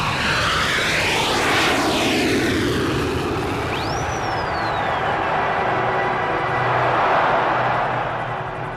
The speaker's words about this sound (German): Dann stand er auf, zahlte und fuhr zum Flughafen Heathrow. Anderthalb Stunden später hob sein Jumbo-Jet nach Rio de Janeiro bei grauem Himmel und leichtem Nieselregen schwerfällig von der Startbahn ab.